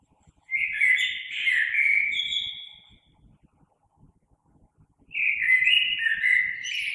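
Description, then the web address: Common blackbird song: a smooth fluted phrase, a pause of about two seconds, then another. Recorded 3 March 2020. "oiseaux Merle 2020 03 03"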